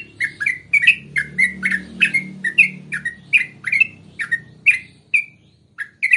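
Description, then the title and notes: Yellow-vented bulbul producing a brisk series of chirped, down-slurred notes over a low rumbling hum that fades out midway, the notes thinning out toward the end. Master training recording for captive birds featuring the 'tembakan' and 'ropel' song styles. "MASTERAN Trucukan Tembakan Dan Ropel. BURUNG TRUCUKAN"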